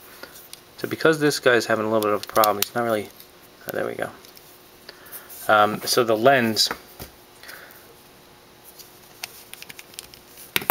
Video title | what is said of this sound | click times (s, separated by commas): PE-11 Scouting Force X | pops right in there | 10.6 s